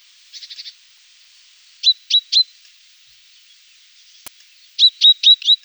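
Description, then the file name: Great tit song: a few faint notes, then two short bursts of three and four clear whistled notes, with a sharp click between them. "Kohlmeise"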